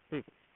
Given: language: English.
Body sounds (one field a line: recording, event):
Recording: throat vibration sensor signal played as sound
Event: speech